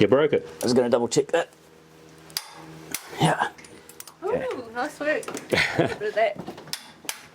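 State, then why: Torque reached. A torque wrench set to 240 ft-lb tightens a bolt on a boat engine mount while someone talks, with a few sharp knocks between about 2.4 and 4.1 s. The wrench then gives two sharp clicks at 6.7 s and 7.1 s, confirming the bolt has reached the set torque.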